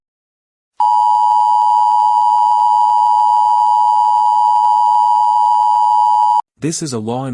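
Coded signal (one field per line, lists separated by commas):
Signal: Emergency Alert System (SAME) tones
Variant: 853 and 960 Hz attention tone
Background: speech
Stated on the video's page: Fictional EAS scenario about an AI after a runaway greenhouse effect.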